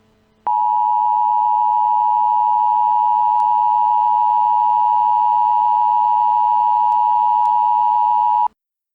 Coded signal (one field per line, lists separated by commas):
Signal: Emergency Alert System (SAME) tones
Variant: 853 and 960 Hz attention tone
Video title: TO THE FRONTROOMS - A Backrooms EAS Scenario (#6)